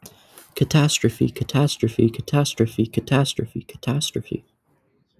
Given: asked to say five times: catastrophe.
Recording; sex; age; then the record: repeated word; male; 20 to 29 years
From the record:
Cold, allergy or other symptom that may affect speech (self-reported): no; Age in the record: 20 years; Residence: Massachusetts, United States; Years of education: 13